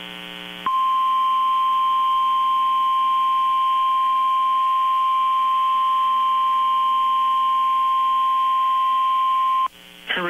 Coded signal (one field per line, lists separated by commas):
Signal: Emergency Alert System (SAME) tones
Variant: 1050 Hz attention tone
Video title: {YOUTUBE FIRST} EAS #1703-1706 - HURRICANE FORCE WIND WARNINGS TONED AS HUWs & 1050 HZ BZW 1-4-2018